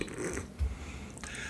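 An adult, asleep, snoring very loudly.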